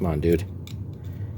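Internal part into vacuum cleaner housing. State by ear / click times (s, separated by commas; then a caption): seated / 0.7 s. An internal part is pushed back into the housing of a Hoover Encore U4595 vacuum cleaner during a partial refurbishment, after a failed try. Someone talks at the start. The part then seats home with a short, sharp hit at 0.7 s.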